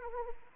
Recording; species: mosquito wingbeat signal from an infrared sensor; Anopheles arabiensis